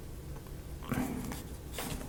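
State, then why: Not seated. Wooden brackets are pressed into the laser-cut plywood frame of a ROKR Army Field Car model, making short scraping and rubbing bursts around 0.9 s, 1.3 s and 1.8 s over a low background hum. The brackets don't go in because they are in the wrong place, and some veneer was stripped off them in the attempt; nothing has seated or clicked yet.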